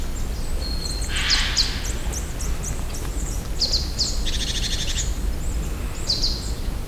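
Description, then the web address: Eurasian nuthatch calls, short sharp high notes often in pairs, repeated several times, with a fast buzzy trill, faint high chirping and a steady low rumble. One of its calls, recorded in nature in the Visegrád Hills, Hungary. "csuszka professzionalis egyikhangja visegradihegyseg"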